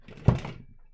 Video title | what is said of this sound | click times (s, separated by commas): Lets talk E-collars. | one thing i do like about that it comes off is you get this base and it clicks right in this base and it's solid | 0.3 s